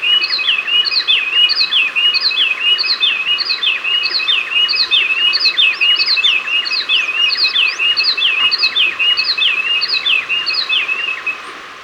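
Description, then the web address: Rufous wren song: a short whistled phrase repeated over and over at a brisk, even pace, with a steady background hiss. Recorded in Ecuador. "S America Birds of Ecuador. Rufous Wren"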